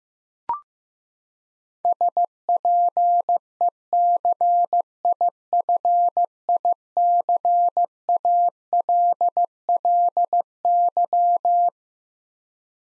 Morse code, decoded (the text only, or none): SPECIFICALLY